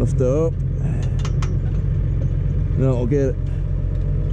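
Someone sets the depth stop on a tractor-mounted plough over steady running tractor noise, talking as it's handled. Sharp metallic knocks land around 1.2 s and 1.4 s. Nothing has seated or clicked in yet by the end of the clip.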